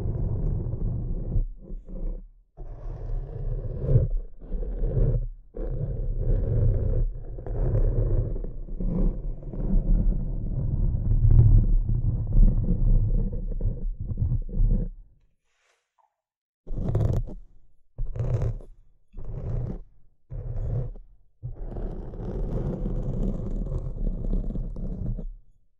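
Low, muffled scratching and tapping runs in dense rubbing bursts, falls silent near fifteen seconds, then returns in short strokes before resuming steadily.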